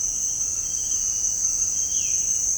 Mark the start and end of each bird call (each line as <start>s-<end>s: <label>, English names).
1.90s-2.57s: Violaceous Jay